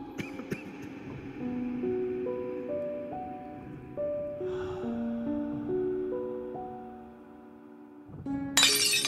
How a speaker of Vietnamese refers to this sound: Âm thanh của tiếng cốc rơi xuống nền nhà vỡ tan